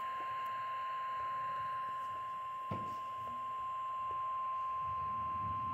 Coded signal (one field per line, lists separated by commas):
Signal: Emergency Alert System (SAME) tones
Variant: 1050 Hz attention tone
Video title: EAS/NWR Alert or message #878: River Flood Warning #4